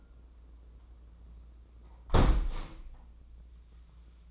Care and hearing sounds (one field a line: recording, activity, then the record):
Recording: daily activity, microphone in the room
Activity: close window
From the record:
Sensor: 1